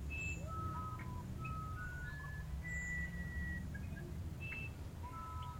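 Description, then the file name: Musician wren whistled song: a run of pure, sustained notes at shifting pitches, some rising in steps, with constant low-frequency rumble underneath. "uirapuru"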